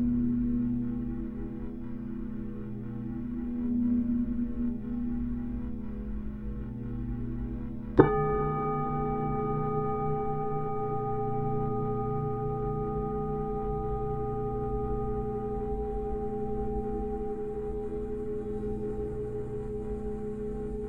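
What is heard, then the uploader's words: Tibetan singing bowls hum with a low, wavering drone for the first eight seconds. Then a bowl is struck sharply, adding bright, ringing tones that hang steadily and fade very slowly through the remaining thirteen seconds, with the deep hum continuing underneath. Reiki Healing | Tibetan Singing Bowls for Mental, Physical, Spiritual and Emotional Healing. The resonating sounds of the Tibetan singing bowls.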